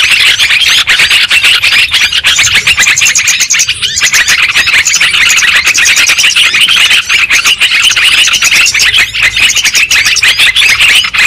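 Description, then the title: Lovebird chattering nonstop: many piercing chirps and squeals in a constant high stream. Lure recording of lovebird calls, used to attract birds for trapping. "PIKAT BURUNG LOVEBIRD"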